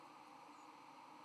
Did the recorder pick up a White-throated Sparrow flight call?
no